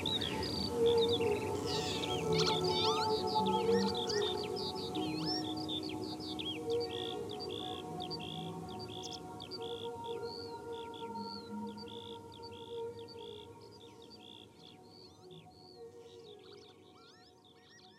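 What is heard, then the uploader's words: Early morning on the marshes: dense, continuous birdsong with rapid repeated chirps over a low hum, gradually fading quieter toward the end. Early morning on the marshes. Recorded early one morning in springtime at buckenham marshes.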